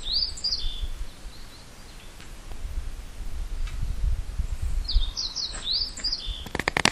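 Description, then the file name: Small bird chirps: quick downslurred tweets in short clusters at the start and near the end, with a quiet stretch between and a low background rumble. "kotori"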